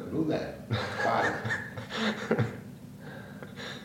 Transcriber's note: laughter